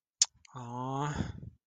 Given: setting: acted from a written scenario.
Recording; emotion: vocal sound without words; sympathy